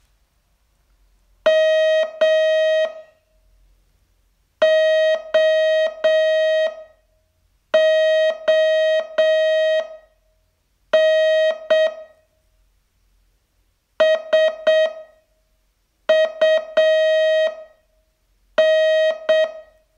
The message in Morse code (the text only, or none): MOON SUN